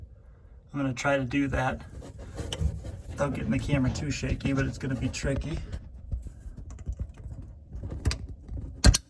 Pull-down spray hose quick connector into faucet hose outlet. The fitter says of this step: just heard that click it got it into place I'm gonna pull back slightly to see if it holds and it does okay